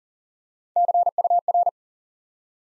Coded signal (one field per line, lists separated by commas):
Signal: Morse code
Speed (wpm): 40 wpm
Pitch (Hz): 700 Hz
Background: none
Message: CUR